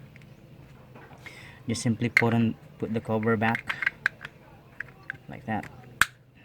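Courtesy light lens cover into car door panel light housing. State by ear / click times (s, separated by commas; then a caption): seated / 6.0 s. Someone talks while the plastic lens cover of a door courtesy light on a 9th-generation Corolla (2001–2008) is put back and pushed down into the light housing in the car door panel. A few faint taps come before one sharp snap at 6.0 s, when the cover seats in place.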